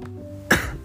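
A single abrupt cough from an adult man bursts out about halfway through, after a stretch of quiet room hum. It has a sharp onset and a brief, fading tail: an isolated cough in a man who coughs now and then, at times in fits.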